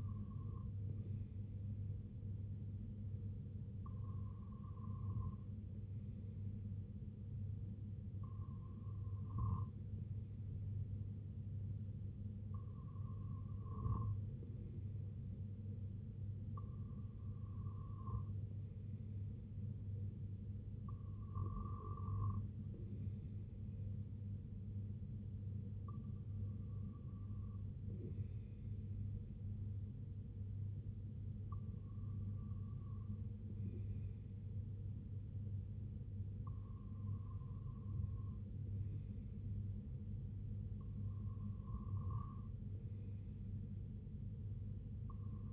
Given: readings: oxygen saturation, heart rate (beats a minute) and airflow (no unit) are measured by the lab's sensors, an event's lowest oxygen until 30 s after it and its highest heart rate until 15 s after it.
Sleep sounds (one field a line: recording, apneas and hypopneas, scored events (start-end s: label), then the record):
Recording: breathing in sleep by a smartphone at the bedside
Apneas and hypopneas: none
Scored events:
none scored
From the record:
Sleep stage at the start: REM sleep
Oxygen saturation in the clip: 94 to 95%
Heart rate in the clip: 56 to 73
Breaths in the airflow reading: 10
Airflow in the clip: -5.8 to 2.9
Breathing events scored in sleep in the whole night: 258 in 7.4 hours asleep